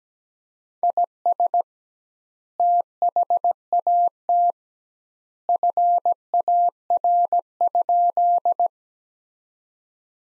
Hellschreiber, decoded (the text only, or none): none